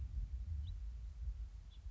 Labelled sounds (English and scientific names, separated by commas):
House Finch (Haemorhous mexicanus)